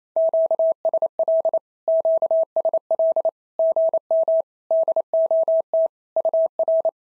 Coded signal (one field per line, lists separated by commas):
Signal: Morse code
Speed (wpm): 28 wpm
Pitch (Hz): 650 Hz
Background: none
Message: QSL QSL GM DOT UR